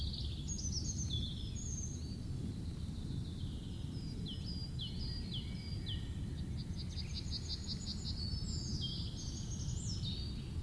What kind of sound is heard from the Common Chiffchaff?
call